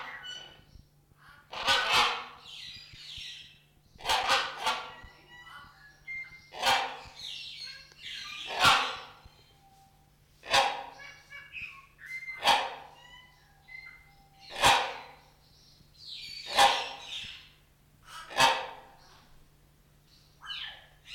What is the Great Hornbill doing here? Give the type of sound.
call